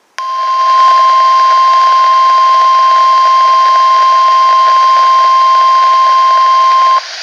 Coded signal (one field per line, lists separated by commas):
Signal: Emergency Alert System (SAME) tones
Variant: 1050 Hz attention tone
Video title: Severe Thunderstorm Warning (EAS #2,060) - April 30, 2019